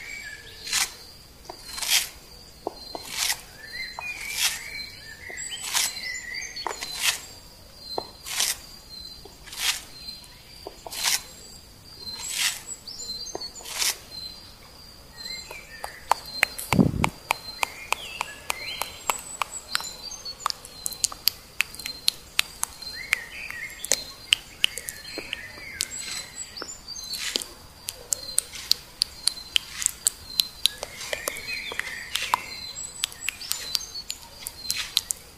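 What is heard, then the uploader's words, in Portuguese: Birds sing in a forest, with sharp, bright chirps repeating at a steady pace for the first half, then quickening into a dense, rapid clicking series. A thin, high insect-like whine runs throughout, short warbling calls appear now and then, and a dull thump lands midway. ASMR Floresta - Relaxamento Garantido com som dos Pássaros.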